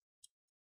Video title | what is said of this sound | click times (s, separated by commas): HP Pavilion X360 13 S101 BATTERY Replacement | back, hold it down and then lock it in place. | 0.2 s